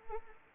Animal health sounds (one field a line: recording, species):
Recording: mosquito wingbeat signal from an infrared sensor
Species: Anopheles arabiensis